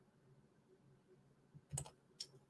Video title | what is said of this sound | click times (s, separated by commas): DC Absolute News! Random House Buys Boom! Comic Con May Leave San Diego! | It also very satisfying when it snaps into place. | 1.8 s, 2.2 s